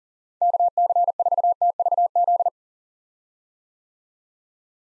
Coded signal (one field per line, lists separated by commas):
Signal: Morse code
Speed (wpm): 40 wpm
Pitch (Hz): 700 Hz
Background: none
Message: KC4TVZ